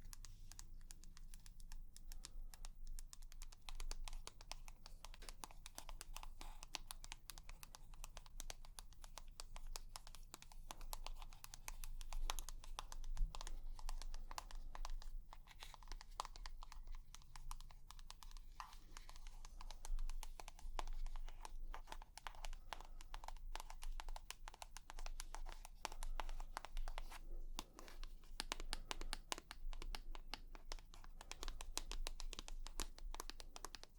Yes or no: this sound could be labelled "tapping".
yes